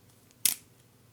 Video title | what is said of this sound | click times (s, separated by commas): Les Game Color Sets - Test Matériel #117 | donc il y a un petit euh clic clic clic qui fait qu'en fait ça arrache les euh les picots qui sont là | 0.5 s